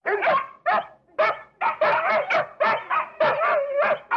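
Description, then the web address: Dog barks come in a quick, uneven string, harsh and overlapping, with one bark stretched into a longer whining yelp near the end. Several dogs barking at one another before a fight. "un groupe de chiens aboient les uns sur les autres avant le combat"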